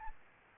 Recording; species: mosquito wingbeat signal from an infrared sensor; Aedes albopictus